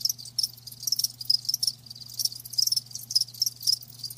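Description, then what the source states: Crickets singing a dense, shrill chorus of rapid overlapping chirps that swell and fade in waves, with a faint low hum beneath. Live crickets chirping.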